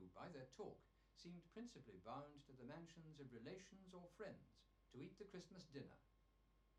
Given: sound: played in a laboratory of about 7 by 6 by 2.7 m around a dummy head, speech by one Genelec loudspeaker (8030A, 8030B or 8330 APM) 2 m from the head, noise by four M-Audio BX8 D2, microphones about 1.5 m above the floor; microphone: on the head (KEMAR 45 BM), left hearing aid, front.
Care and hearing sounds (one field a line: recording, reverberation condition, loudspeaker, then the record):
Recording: male speech in English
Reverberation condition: low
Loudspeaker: behind (180 degrees)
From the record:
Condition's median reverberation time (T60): about 310 ms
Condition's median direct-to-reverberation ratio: about 3.5 dB